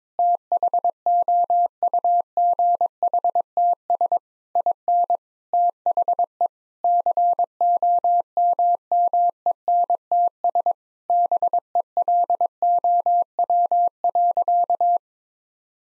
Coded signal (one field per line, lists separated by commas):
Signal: Morse code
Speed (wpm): 22 wpm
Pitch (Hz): 700 Hz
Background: none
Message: THOUGHTS IN THE COMMENTS BELOW.